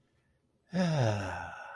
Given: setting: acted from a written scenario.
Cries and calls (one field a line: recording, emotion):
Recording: vocal sound without words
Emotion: serenity